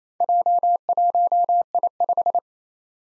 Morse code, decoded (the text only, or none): J1I5